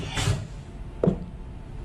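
After the wrong tool is swapped out, an edge finder tool holder is put into the spindle of a Fryer CM-15 mill with Siemens control. A brief broadband rustle near 0.3 s is followed by a sharp metallic hit at 1.0 s as the holder seats in the spindle. Only a low, steady hum remains afterward.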